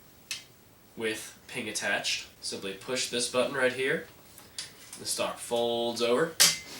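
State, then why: Not seated. Someone talks while handling a CYMA CM.031D (AK-105) airsoft replica, pressing the button so the folding stock swings over toward its side clamp on the receiver. Brief handling knocks are heard around 0.3, 4.4 and 4.6 seconds, but the stock has not clamped or seated yet when the clip ends.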